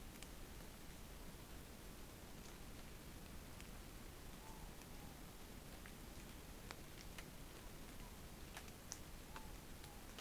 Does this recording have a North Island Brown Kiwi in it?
no